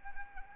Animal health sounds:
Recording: mosquito wingbeat signal from an infrared sensor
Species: Anopheles arabiensis

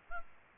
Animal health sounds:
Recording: mosquito wingbeat signal from an infrared sensor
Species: Aedes albopictus

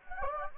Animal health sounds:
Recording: mosquito wingbeat signal from an infrared sensor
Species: Anopheles gambiae

